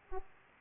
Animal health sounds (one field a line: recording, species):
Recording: mosquito wingbeat signal from an infrared sensor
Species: Aedes aegypti